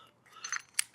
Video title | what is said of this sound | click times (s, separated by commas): etrailer - Yakima BaseLine Roof Rack Comprehensive Review | You see it snaps into place. | 0.8 s